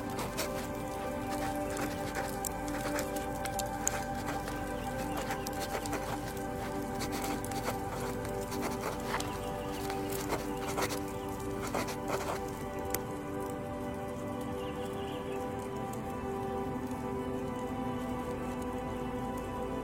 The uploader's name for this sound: The ice crystals are pure and the wood fire is squeaking